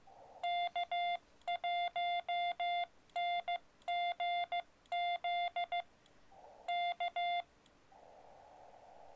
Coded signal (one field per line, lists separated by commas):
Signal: Morse code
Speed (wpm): 15 wpm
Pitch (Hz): 700 Hz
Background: radio noise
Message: K1NGZ K